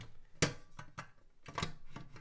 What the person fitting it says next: And it basically just snaps into place.